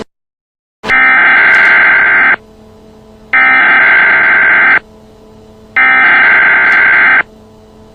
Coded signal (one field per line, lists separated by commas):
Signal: Emergency Alert System (SAME) tones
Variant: header bursts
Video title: Found VHS tape of the EAS for the 1995 D.C. Attack.